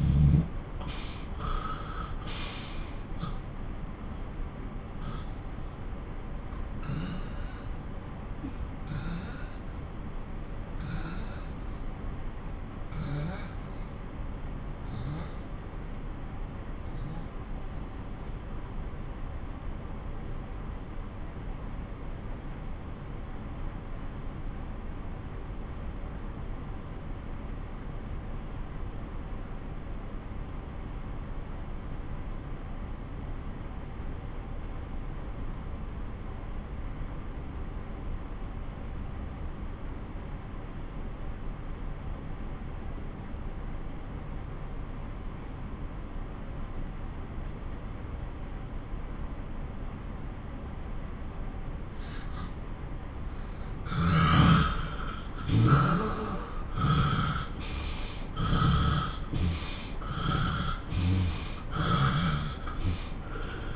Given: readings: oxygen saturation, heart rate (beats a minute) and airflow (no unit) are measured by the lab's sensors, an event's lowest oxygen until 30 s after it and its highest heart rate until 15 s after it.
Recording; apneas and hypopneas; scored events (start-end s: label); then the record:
breathing in sleep by a smartphone at the bedside; 1
3.00-54.00 s: obstructive apnea (N2, oxygen 96% highest, then 91% lowest)
62.00-63.76 s: new sleep stage, N1 (lightest sleep)
From the record:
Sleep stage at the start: N2 (light sleep); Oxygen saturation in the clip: 90 to 96%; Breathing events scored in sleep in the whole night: 217 in 6.3 hours asleep